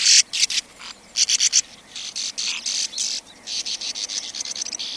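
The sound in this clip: Sand martin rasping calls, dry buzzy notes given in quick clusters of four or five, then a steadier scratchy chatter near the end.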